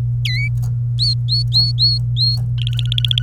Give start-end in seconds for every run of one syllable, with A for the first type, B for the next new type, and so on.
0.25-0.48 A, 0.98-2.37 B, 2.58-3.22 C